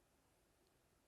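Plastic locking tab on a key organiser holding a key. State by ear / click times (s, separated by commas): not seated / none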